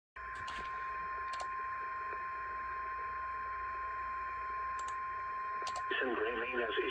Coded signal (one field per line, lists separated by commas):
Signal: Emergency Alert System (SAME) tones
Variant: 1050 Hz attention tone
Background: speech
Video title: GROUNDHOG DAY (L.S. EAS #248-249; EAS #151) Severe Thunderstorm Warning